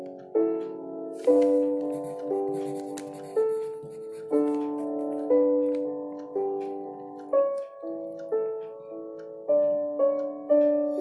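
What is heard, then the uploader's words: Slow, dark music moves through a chain of sustained chords, a new one struck about once a second and left to fade before the next. Faint scratchy rustles, like a pencil on paper, sit lightly above the music throughout. Dark academia Study with me in the evening.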